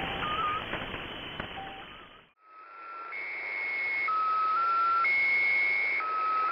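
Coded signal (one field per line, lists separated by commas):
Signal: channel marker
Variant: Squeaky Wheel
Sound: repeating sequence of steady electronic tones jumping between a few pitches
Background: radio static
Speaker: The original squeaky wheel sounded like, well, a squeaky wheel.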